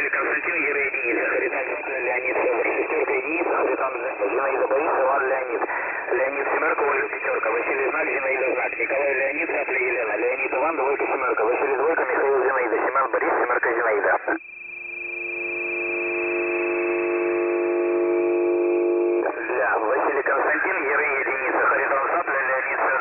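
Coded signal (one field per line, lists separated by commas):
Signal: coded military voice message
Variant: Russian, The Pip (S30)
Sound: male voice reading a message over narrow-band radio, briefly interrupted by steady droning tones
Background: radio static, interfering tones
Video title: The Pip Voice Message February 16, 2021 06:42 UTC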